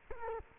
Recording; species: mosquito wingbeat signal from an infrared sensor; Culex quinquefasciatus